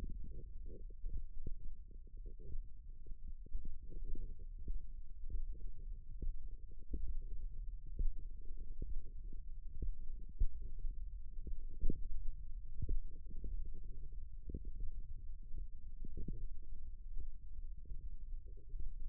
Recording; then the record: forearm muscle sounds (acoustic myography)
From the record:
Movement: index flexion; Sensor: system 1, eight BSWA MPA416 microphones around the upper forearm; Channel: 6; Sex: female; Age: 21 years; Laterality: right